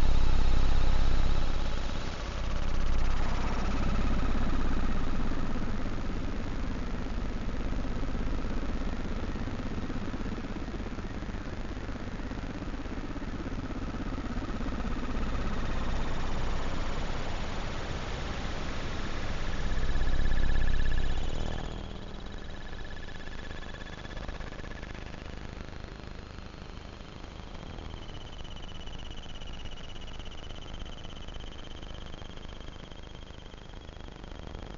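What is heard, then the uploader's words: Electromagnetic frequencies rendered as sound: a dense, engine-like hum with a wavering low drone and steady thin tones above it for the first twenty seconds. Around 21 seconds it drops abruptly to a quieter hiss, where a high whine slowly rises and holds. Vlad designed it for hearing the invisible electromagnetic frequencies that surround us. Ether is a handheld object, a little black box, that contains a magnetic antenna and an integrated electronic antenna. The composition time-smears and overlays excerpts from an hour long recording I made on a 3km roundtrip walk.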